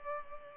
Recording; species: mosquito wingbeat signal from an infrared sensor; Culex pipiens